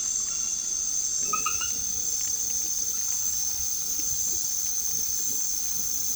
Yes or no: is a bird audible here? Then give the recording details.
no. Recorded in secondary vegetation near Puerto Asís, Putumayo, Colombia, on 13 March 2025 at 22:00. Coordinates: 0.489, -76.322. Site G042